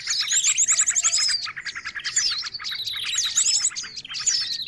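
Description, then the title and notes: Chattering birds, a thick mix of high chirps, short buzzy trills and rising whistled sweeps, all overlapping. Noisy mix of bird calls used as a lure (pikat). "Burung Ribut Pikat"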